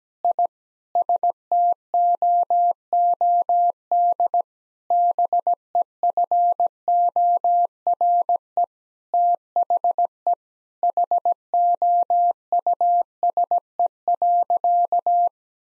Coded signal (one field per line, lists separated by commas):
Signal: Morse code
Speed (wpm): 17 wpm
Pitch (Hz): 700 Hz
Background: none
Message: I STOOD BEFORE THE HOUSE.